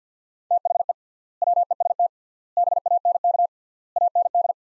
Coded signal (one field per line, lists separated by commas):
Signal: Morse code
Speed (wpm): 50 wpm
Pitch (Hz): 700 Hz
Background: none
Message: THE WEST BANK AND